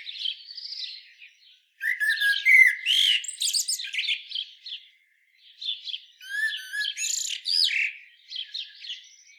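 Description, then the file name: Common blackbird giving a faint warble, then two strong phrases of fluted whistles and high, sharp twitters, divided by a brief pause. "Turdus merula"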